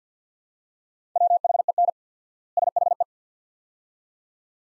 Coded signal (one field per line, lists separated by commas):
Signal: Morse code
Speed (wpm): 50 wpm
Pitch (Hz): 700 Hz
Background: none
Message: WHEN SHE